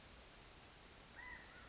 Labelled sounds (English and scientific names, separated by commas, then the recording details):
California Quail (Callipepla californica)
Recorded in Sonoma County, California